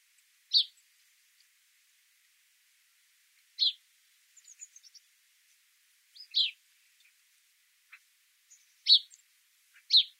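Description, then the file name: House sparrow chirping: loud, short, harsh chirps at irregular intervals of one to three seconds, with a soft run of quick twittering notes in between. "Passer domesticus"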